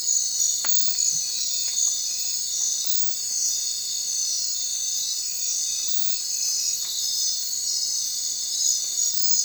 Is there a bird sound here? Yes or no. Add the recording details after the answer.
no. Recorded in secondary vegetation near Puerto Asís, Putumayo, Colombia, on 30 June 2025 at 01:30. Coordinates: 0.499, -76.323. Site G077